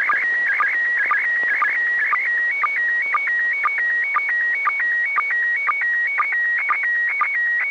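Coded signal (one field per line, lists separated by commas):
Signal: SSTV (slow-scan television)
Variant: PD120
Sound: steady whistling tone broken twice a second by chirpy warbles and brief low blips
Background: radio static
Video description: Russian cosmonauts on the International Space Station (ISS) sent out Slow Scan TV images on 145.800 MHz FM using the SSTV mode PD-120.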